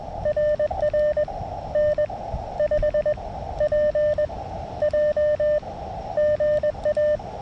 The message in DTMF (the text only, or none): none